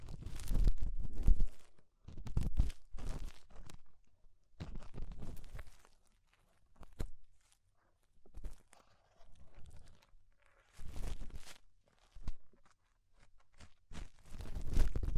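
Ear cleaning with rhinestone and clay removal: bursts of crunchy, crackling scraping come in irregular clusters, each lasting about half a second to a second. Short silences separate the groups, and the texture is gritty and bright with a deep rumbling thump underneath.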